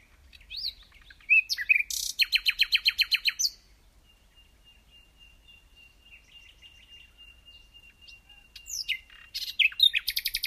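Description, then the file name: Common nightingale song with quick sweeping notes, a fast rattled burst, a thin drawn-out note with soft ticks, and then more high, abrupt notes. "Luscinia megarhynchos"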